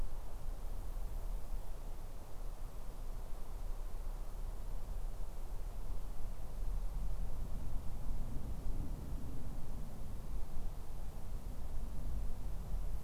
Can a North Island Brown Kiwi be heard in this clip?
no